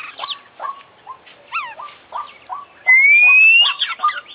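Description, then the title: Oriental magpie-robin song: short clipped notes repeated steadily, mixed with brighter chirps and one long, smoothly rising whistle in the latter part. Competition kacer, an international champion bird, in a long-duration recording full of complete isian (learned phrases). "KICAU KACER JUARA INTERNASIONAL FULL ISIAN KOMPLIT"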